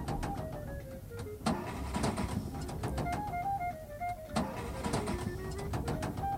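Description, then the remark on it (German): A Studebaker car engine sputters and struggles, its steady drone broken by irregular pops and knocks while the motor's pitch sags and wavers as if it is about to stall. “Nanu, was ist denn auf einmal mit dem Wagen los?”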